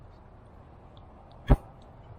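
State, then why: Seated. A single fuel line fitting for the engine feed is pushed into its port on a fuel tank line kit during an LS swap. A short, sharp pop is heard at 1.5 seconds against quiet background noise. The fitting seats in place.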